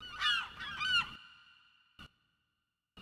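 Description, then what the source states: Gull calls, a quick series of harsh, nasal cries in the first second, with one note trailing off, then two brief clicks. Seagull ambience.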